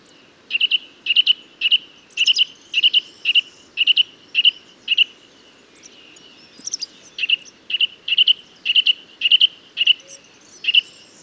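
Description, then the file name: Eurasian nuthatch calling: a steady run of sharp, clear notes, repeated nearly twice a second, with a brief pause midway and faint higher chirps behind. "Sitta europaea"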